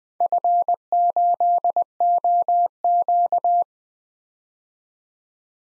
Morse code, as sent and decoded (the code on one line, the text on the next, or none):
..-. ---.. --- --.-
F8OQ